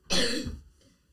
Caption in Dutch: Iemand die er keihard doorheen hoest.